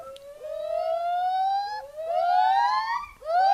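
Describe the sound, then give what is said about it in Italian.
A crested gibbon calling: three loud, rising whoops, the first long and slow, each gliding upward in pitch with a bright, siren-like tone and no talking. “si tratta del gibbone crestato e quindi di una scimmia”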